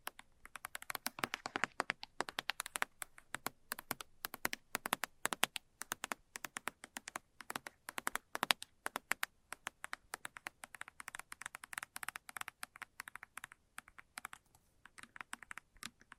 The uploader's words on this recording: ASMR Fast But Light Tapping For Sleep And Relaxation（No Talking）.